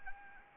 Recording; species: mosquito wingbeat signal from an infrared sensor; Anopheles arabiensis